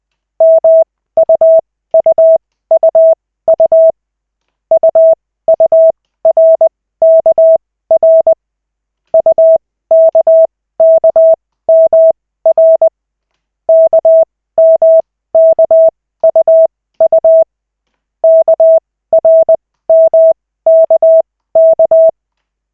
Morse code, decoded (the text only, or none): MUUUU UURKR UKKMR KMKUU KRMKK